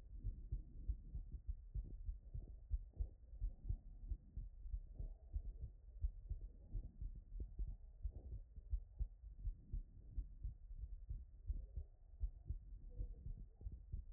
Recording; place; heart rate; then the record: heart sounds by stethoscope; Erb's point; 86 bpm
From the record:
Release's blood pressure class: normal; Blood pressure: 114/62 mmHg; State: after exercise